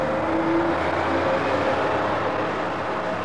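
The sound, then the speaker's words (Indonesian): A bus carrying schoolchildren pulls away, departing for the zoo, its engine giving a steady, loud rumble and a faint tonal whine, holding an even level for a few seconds with no voices. “Setelah semua anak masuk, bus pun berangkat menuju kebun binatang.”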